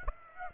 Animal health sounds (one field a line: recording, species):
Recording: mosquito wingbeat signal from an infrared sensor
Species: Aedes aegypti